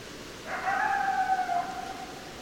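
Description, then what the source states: A single coyote howl, a level, drawn-out tone of about one and a half seconds, tailing off, over soft hiss. Several coyotes, recorded 10 December 2012.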